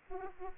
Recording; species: mosquito wingbeat signal from an infrared sensor; Aedes aegypti